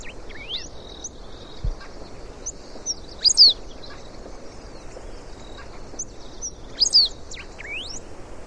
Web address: sonidos Embernagra platensis - Cotorrita de bañado